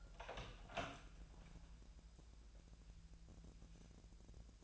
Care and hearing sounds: daily activity, microphone in the room; open door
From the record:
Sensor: 2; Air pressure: 1001.4 hPa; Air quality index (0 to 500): 244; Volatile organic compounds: 79 ppm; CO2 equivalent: 3602 ppm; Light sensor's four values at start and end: 10/24/10/10 and 10/24/10/10

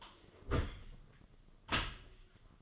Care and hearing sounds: daily activity, microphone in the room; close dishwasher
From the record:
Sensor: 4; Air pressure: 1005.6 hPa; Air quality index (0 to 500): 110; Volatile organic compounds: 3 ppm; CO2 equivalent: 1370 ppm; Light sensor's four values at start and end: 12/27/11/10 and 12/28/11/11

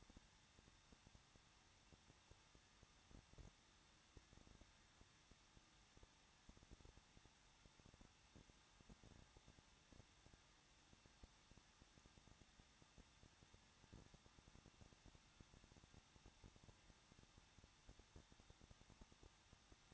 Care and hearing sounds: daily activity, microphone in the room; no activity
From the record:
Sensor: 3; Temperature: 21.2 degrees Celsius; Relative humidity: 36.3%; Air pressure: 1006.5 hPa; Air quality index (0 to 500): 221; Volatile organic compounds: 39 ppm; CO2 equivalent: 3132 ppm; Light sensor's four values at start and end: 2/3/2/2 and 2/3/2/2

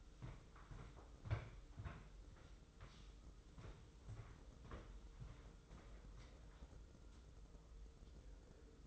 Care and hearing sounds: daily activity, microphone in the room; walk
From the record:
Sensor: 3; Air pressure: 995.9 hPa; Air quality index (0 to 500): 249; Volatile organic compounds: 1000 ppm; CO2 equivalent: 6374 ppm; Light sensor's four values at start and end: 43/105/46/49 and 42/104/45/49

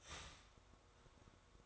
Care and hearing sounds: daily activity, microphone in the room; start toaster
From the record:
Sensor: 3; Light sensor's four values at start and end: 4/11/4/4 and 4/11/4/4

